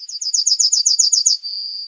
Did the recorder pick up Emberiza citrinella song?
yes